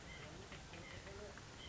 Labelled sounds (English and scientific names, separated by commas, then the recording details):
White-breasted Nuthatch (Sitta carolinensis)
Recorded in Sonoma County, California